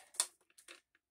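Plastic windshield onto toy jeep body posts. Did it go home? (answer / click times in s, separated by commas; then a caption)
yes / 0.2 s. A plastic windshield is pressed onto the mounting posts of a G.I. Joe Sgt. Savage Grizzly toy jeep, making a short scrape followed by a sharp snap at 0.2 s, then a few faint plastic ticks. The windshield seats on the posts.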